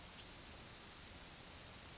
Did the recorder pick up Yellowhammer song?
no